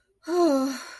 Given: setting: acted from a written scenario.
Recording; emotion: vocal sound without words; relief